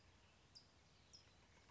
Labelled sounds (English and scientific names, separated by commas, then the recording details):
California Towhee (Melozone crissalis)
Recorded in Sonoma County, California